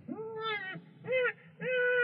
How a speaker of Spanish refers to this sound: ¡Lo oyes! ¡Está llorando! ¡Es tu nuevo hijo! Sí, sí, ya ha nacido. ¡Un niño!